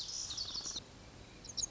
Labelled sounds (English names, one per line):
Lazuli Bunting